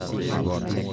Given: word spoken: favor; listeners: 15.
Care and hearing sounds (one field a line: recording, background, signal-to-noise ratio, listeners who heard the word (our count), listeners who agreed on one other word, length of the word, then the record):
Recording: one Spanish word in noise, from a listening test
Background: eight-talker babble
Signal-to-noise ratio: -3.7 dB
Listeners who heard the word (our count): 2 of 15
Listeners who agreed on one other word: 7 of 15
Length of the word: 0.53 s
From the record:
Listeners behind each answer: 7, 2, 1, 1, 1, 1, 1, 1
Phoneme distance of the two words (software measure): 21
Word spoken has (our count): 2 syllables, 5 phonemes, stress on syllable 2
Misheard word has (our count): 3 syllables, 8 phonemes, stress on syllable 3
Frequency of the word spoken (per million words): 143.01